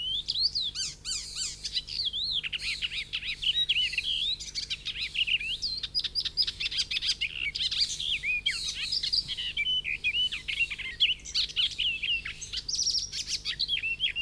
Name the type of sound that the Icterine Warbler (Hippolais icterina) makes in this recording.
song